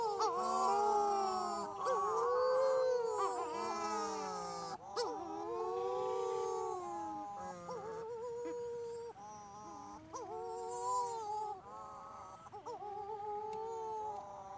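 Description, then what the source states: Wedge-tailed shearwaters giving a loud chorus of overlapping wailing moans, with short gulping breaks between the drawn-out cries. Wedge-tailed shearwaters calling, Western Australia.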